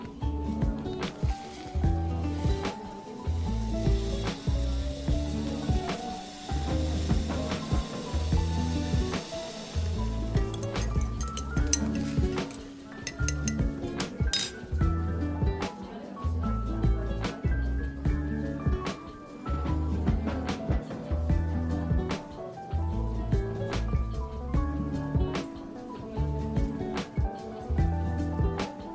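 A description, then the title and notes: Coffee shop ambience: a steady bed of music with a walking low bass line and mellow chords carries through the whole stretch. A soft hiss like sizzling sits on top for the first ten seconds, and frequent light clicks and clinks land throughout, with faint chatter. Coffee shop ambience | cozy cafe. เสียงบรรยากาศสบายๆ ในร้านกาแฟ.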